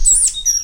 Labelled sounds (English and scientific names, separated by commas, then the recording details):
Stitchbird (Notiomystis cincta) song
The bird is a male
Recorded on Tiritiri Matangi Island, New Zealand, in 2005
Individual 17, of nest box 25